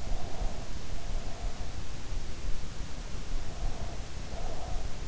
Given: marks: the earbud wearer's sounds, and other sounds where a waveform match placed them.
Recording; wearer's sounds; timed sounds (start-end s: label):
sounds in sleep by an in-ear microphone; breath
0.04-1.61 s: breath
3.52-4.91 s: breath